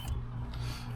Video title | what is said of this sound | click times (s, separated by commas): First RV Mods and Installs: Season 2 Ep 2 | then this snaps right in. | 0.5 s